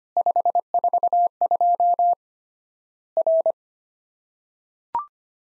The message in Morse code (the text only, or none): 542 R